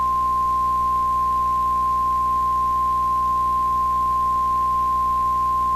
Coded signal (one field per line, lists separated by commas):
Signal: Emergency Alert System (SAME) tones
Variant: 1050 Hz attention tone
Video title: EAS Recreation Mock: Tornado Drill EAS, 2012